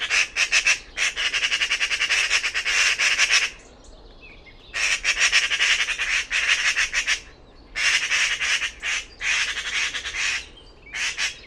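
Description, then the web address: Bird making raspy, scratchy calls in fast pulsed series, several bursts separated by quiet gaps. "cianscape birddata Deverinetal"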